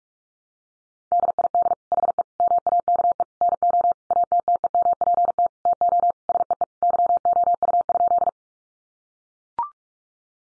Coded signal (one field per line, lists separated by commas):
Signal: Morse code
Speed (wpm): 44 wpm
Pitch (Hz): 700 Hz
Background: none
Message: DID HE MAKE NO ATTEMPT TO SEE YOU?